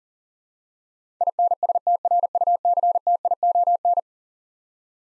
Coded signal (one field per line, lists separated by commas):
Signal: Morse code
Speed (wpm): 40 wpm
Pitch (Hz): 700 Hz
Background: none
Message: INSTRUCTION